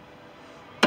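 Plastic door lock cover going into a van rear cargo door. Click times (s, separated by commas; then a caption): 0.8 s. A plastic cover around the rear cargo door lock of a Ford E150, E250 or E350 van is pushed back into place by hand, with no tools. After a quiet, steady low background, a single sharp snap is heard at 0.8 s as the cover seats back in.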